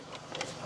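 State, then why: Seated. During a dashcam install, a small part or card that was just slid out is pushed back into a 70mai 4K dash camera unit. Two quick, sharp clicks sound at 0.4 s and 0.4 s over a low background hiss. The part is seated.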